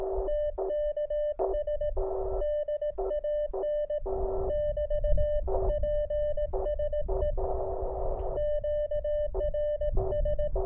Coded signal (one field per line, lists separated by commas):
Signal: Morse code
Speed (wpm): 18 wpm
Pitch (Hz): 600 Hz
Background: radio noise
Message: TKS DAN <BT>PSE QRS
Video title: Building a Delta Loop Antenna For The 30m Band, Part 2.